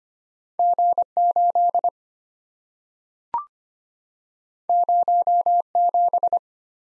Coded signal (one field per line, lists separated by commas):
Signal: Morse code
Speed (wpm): 26 wpm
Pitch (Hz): 700 Hz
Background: none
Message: G8 07